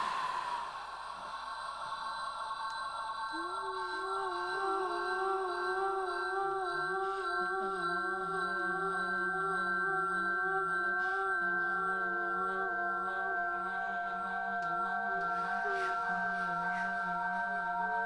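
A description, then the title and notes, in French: An echo of an echo builds into a huge feedback howl. Several steady ringing tones hold throughout, with lower tones entering around three seconds and wobbling in pitch, while faint clicks and a low hum sit underneath at a constant loud level. Nous les avons allumé et les réglé sur la fréquence 93.9, de Radio Campus Paris. Comme nous sommes en direct, nous pouvons nous écouter en train de nous écouter, l'écho de l'écho de l'écho engendre alors un mega larser !!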